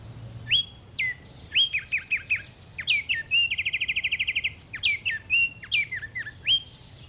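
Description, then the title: Black-striped sparrow song: varied sharp whistles and slurred notes around a rapid, evenly spaced trill lasting about a second, then more whistled phrases. Nominate subspecies conirostris. "LuckyPassaro Completos2Sama. Black-striped Sparrow (Arremonops conirostris conirostris)"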